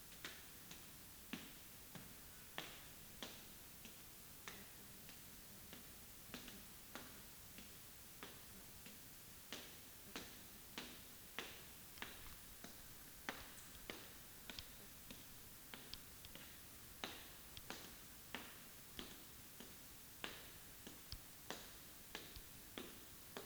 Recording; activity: daily activity, guitar pickup as the sensor; walk